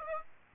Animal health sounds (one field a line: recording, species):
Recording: mosquito wingbeat signal from an infrared sensor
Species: Aedes aegypti